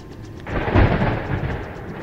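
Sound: thunder rumble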